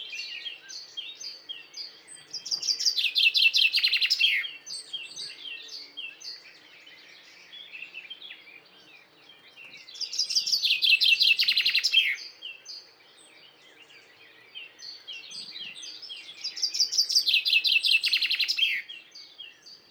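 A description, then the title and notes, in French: Birdsong in a spring countryside setting, with dense, bright bursts of rapid trilling and chirping rising roughly every seven seconds, around 3, 11 and 18 seconds. Between bursts, quieter scattered chirps continue over a soft, steady outdoor background. Lesches et Saint Dizier en diois - nagra seven - 2X mkh40 et 8020.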